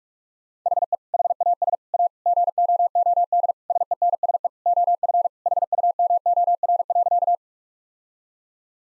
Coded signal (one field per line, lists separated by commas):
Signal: Morse code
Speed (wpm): 42 wpm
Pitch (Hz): 700 Hz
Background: none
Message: HE HAS A GOOD SENSE OF HUMOR.